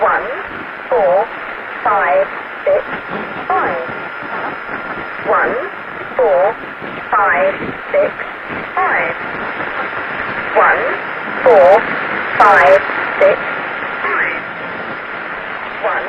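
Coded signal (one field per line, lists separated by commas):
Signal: numbers station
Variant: E3, English female voice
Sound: synthetic voice reading numbers in groups of five, repeated, over shortwave static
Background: radio static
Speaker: Pues eso es la famosa y desaparecida en el 2008, la estación de números y letras Lincolnshire Poacher, que significa el cazador furtivo de Lincolnshire, y se piensa que perteneció al servicio secreto británico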